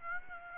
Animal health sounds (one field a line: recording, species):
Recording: mosquito wingbeat signal from an infrared sensor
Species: Aedes aegypti